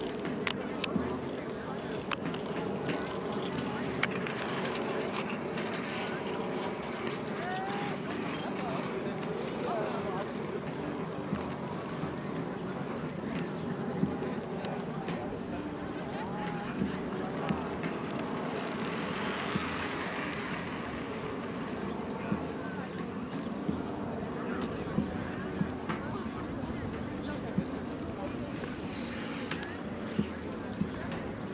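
Hundreds of people go about their activities on the Tempelhofer Freiheit in Berlin, their voices merging into a steady, dense murmur. Short clicks and taps crop up throughout, with a brief brighter swell of sound around twenty seconds in.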